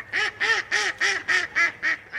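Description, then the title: Mallard quacks, a series of eight harsh, nasal quacks in quick succession. "Raconte-moi le canard colvert"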